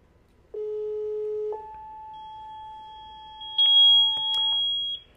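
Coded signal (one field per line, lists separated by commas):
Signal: two-tone page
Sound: low steady tone for one second, higher long tone, then a shrill pager alert tone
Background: handling clicks, small room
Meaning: Alerts the pager that a dispatch is coming, followed by call details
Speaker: some type of base station or a control station that transmits out and they send two tones and it sounds a little bit like this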